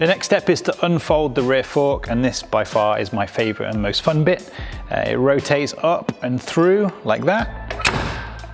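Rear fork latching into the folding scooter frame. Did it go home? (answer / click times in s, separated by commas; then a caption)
yes / 7.9 s. Someone talks while the rear fork of a SwiftyONE folding scooter is rotated up and through toward the frame. Its metal latch engages by itself with a sharp click at 7.9 s, and the fork is now locked into position.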